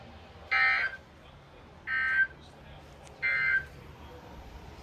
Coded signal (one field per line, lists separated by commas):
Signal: Emergency Alert System (SAME) tones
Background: speech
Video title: Just a few alerts (EAS 299-325)